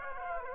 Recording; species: mosquito wingbeat signal from an infrared sensor; Aedes aegypti